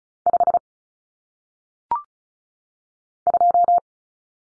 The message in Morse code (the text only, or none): 5 2